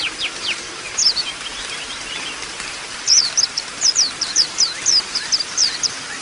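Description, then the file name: White-eye song: series of high, quick downslurred chirps over constant hiss, sparse at first then a rapid run. Caged white-eye, song used as audio therapy for cage birds. "audio-terapi-pleci-7-omkicau"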